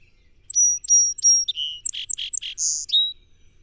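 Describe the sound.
Song sparrow with its patterned song: three crisp whistled notes, a lower buzzy note, several rough chips and a high buzz with a drawn-out end note.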